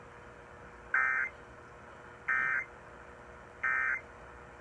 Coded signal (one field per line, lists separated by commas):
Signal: Emergency Alert System (SAME) tones